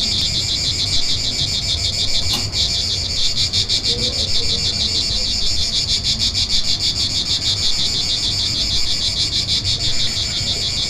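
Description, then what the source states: Cicada song, an unbroken high whirring buzz pulsing rapidly throughout, with a brief click near the start and low background rumble. Recorded 3 September 2009.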